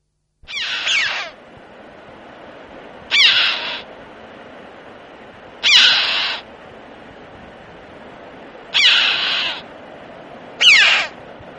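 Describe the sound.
Red-billed chough giving five loud, harsh single calls, each a ringing squawk with a downward sweep.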